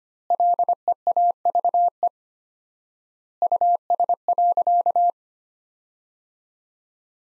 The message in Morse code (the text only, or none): LEAVE US.